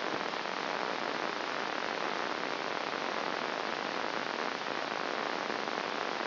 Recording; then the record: brain microelectrode recording played as sound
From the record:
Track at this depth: outside the subthalamic nucleus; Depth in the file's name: 0.743 mm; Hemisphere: left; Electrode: 2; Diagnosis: Parkinson's disease